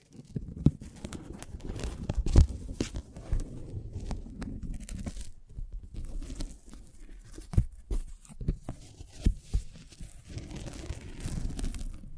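Close-up mic handling and rubbing: a constant, uneven low rumble of scuffing and fumbling runs throughout, with brief crinkly, tearing-like bursts. Sharp knocks and pops stand out near 0.7, 2.4, 7.6 and 9.3 seconds, and the sound briefly thins out around six seconds.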